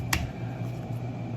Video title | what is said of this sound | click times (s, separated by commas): Kydex Sheaths - Kind of | pops right in | 0.1 s